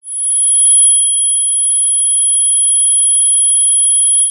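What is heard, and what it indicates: A short burst of steady high-pitched whining tones, a simulated human ringing in the ears mimicking tinnitus.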